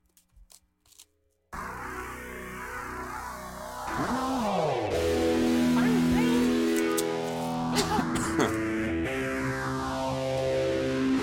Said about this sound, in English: are you shredding on the keys?